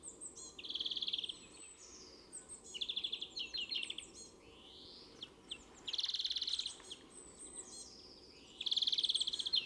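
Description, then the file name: European greenfinch repeating buzzy trill phrases every few seconds, with faint twitters in between. "Chloris chloris"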